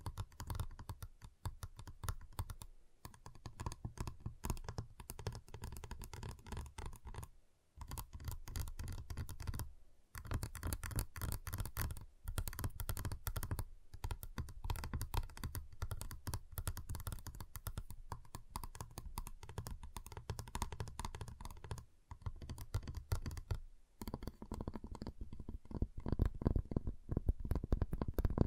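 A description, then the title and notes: Chocolate bar tapping: dense, rapid clicking taps run nearly continuously, with brief pauses around 8, 10 and 24 seconds, growing louder near the end. Giant Chocolate Bar Tapping, Cutting, Snapping Sounds.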